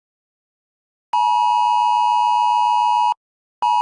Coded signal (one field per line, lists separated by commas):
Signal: Emergency Alert System (SAME) tones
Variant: 853 and 960 Hz attention tone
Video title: EAS SCENARIO - SUN ACTIVITY